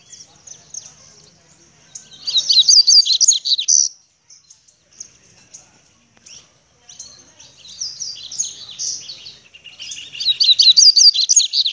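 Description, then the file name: Seedeater singing fast twittered phrases of high, slurred notes, loud ones early and at the end and a softer one between, with chips and quiet gaps. "canto do papa capim"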